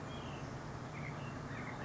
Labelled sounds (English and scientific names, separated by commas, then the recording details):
White-breasted Nuthatch (Sitta carolinensis)
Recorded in Sonoma County, California